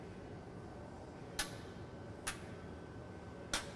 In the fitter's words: are those pins falling in and then pulled it down three times that's three clicks